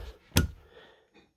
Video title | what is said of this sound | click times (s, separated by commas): recliner headrest fixed! | Once you have it slid onto those rails, all you have to do is push down, and it locks into place. | 0.4 s